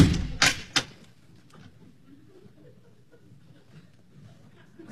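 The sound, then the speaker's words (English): A man shuts a door behind him with a thud, followed quickly by two sharp clacks as he locks it, then only a low, quiet murmur of voices in the background. “And he locked the door behind him.”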